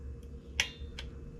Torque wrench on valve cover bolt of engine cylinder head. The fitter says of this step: This one here, basically until it clicks, just like that.